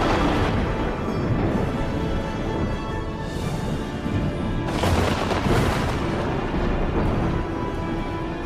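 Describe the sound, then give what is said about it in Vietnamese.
Deep, continuous rolling thunder with lightning rumbles throughout, with louder booming cracks swelling in around the middle. No voices, just a dense, heavy roar of low sound. “Tiếng sấm vang chớp giật, khung cảnh trở nên chói lòa cả mắt.”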